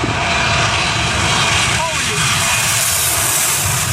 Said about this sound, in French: Ah merde, on est dans la Première Guerre mondiale. C'est un autre avion, ça. On est en train de piquer, on pique.